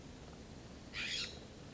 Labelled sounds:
California Scrub-Jay
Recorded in Sonoma County, California

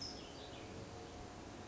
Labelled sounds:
California Towhee
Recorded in Sonoma County, California

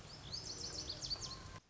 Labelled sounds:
Lazuli Bunting
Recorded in Sonoma County, California

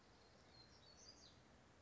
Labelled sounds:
Black-throated Gray Warbler
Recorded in Sonoma County, California

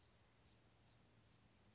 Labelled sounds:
Blue-gray Gnatcatcher
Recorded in Sonoma County, California

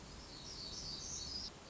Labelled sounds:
Black-throated Gray Warbler
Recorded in Sonoma County, California

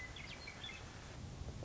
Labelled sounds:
Western Meadowlark
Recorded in Sonoma County, California

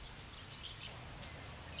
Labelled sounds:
Red-winged Blackbird
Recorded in Sonoma County, California

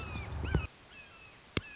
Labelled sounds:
Red-shouldered Hawk
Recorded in Sonoma County, California

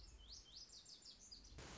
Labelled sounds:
Lazuli Bunting
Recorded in Sonoma County, California

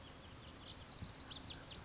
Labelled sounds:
Lazuli Bunting
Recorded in Sonoma County, California

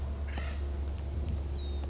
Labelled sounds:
Acorn Woodpecker
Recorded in Sonoma County, California

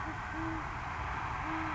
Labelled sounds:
Great Horned Owl
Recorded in Sonoma County, California

